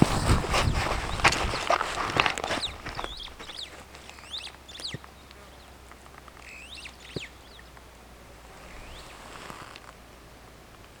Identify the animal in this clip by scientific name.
Lamprotornis superbus